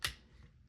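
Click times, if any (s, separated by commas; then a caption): 0.0 s. The plastic hips of a Transformers Generations Studio Series 86-31 Optimus Prime figure are swung all the way forward during transformation. A single sharp snap at 0.05 s locks the hip joint into its forward position, followed by quiet. The hip section is seated.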